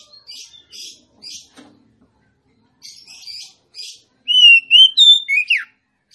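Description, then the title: Oriental magpie-robin singing soft buzzy chirps at first, then a bright burst of whistled notes climbing in steps and closing with a quick falling slur. Female song, used to lure a male whose singing has stalled into singing and fighting back at once. "Kacer Langsung Tarung Konslet KACER NGOTOT FULL TEMBAKAN. Suara kacer betinamemancing kacer jantan yg macet bunyi"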